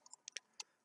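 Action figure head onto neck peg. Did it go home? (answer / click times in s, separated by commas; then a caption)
no / none. Someone presses a plastic action figure's head back onto its neck peg while the figure wears battle armor, producing a quick series of light plastic ticks, the sharpest near 0.3, 0.4 and 0.6 seconds, with fainter taps at the start and end. The head has not popped into place or clicked on yet, because the figure's thick hair sculpt keeps it from staying on.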